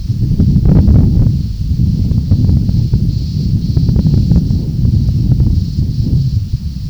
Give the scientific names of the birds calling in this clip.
none